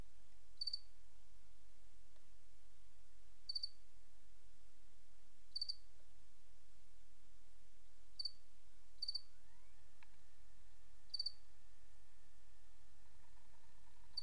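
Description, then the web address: Cricket chirping irregularly, short pulsed bursts every one to three seconds, with faint tones and a brief soft sweep in the background. "Sabda Alam Crickets"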